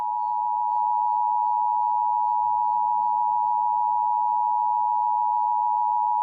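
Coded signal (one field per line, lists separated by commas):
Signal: Emergency Alert System (SAME) tones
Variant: 853 and 960 Hz attention tone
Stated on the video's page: Fictional alien invasion EAS scenario, a simulated broadcast.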